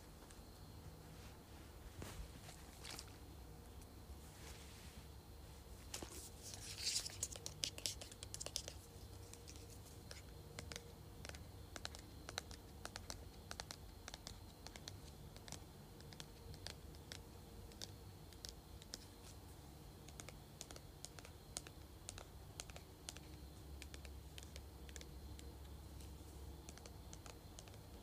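A perfume bottle is tapped and scratched in quick, dense clicks that run nearly the whole time, crisp and bright like typing. Around six to nine seconds the sound thickens into a louder rattling burst, likely shaking. A low steady hum sits underneath throughout.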